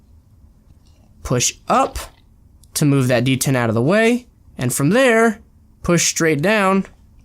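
A 1911 pistol's slide release is set in at an angle and pushed up to move the detent out of the way, ready to be pushed straight down into the steel frame, while someone talks throughout. Nothing has seated or clicked yet; the clip ends just before the slide release goes home.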